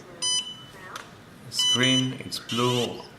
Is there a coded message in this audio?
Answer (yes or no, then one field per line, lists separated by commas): no